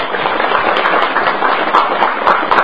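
An audience claps steadily for a few seconds for a member who answered a question, a dense, even patter of many hands with scattered sharper claps and no voices over it.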